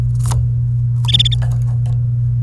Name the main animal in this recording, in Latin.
Serinus canaria